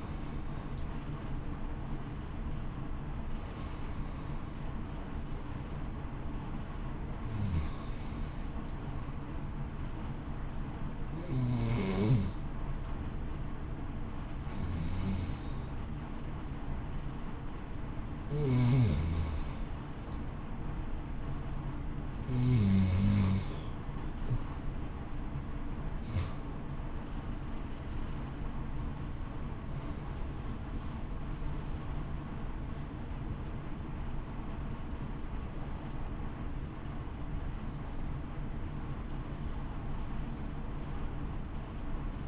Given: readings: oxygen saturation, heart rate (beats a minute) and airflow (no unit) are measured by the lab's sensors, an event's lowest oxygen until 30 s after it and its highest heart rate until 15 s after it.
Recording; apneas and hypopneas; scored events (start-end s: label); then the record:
breathing in sleep by a smartphone at the bedside; 1
15.00-31.50 s: hypopnea (N1, oxygen 92% highest, then 91% lowest)
From the record:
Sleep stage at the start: N1 (lightest sleep); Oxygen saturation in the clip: 91 to 93%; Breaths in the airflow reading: 15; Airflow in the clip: -0.7 to 0.7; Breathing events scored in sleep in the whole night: 328 in 6.3 hours asleep